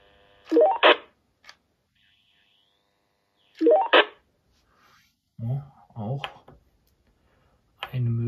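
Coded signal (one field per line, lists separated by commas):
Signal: roger beep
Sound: quick rising staircase of tones ending in a burst of hiss, heard twice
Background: brief speech, radio static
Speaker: schalten wir um auf den vierten auch eine Möglichkeit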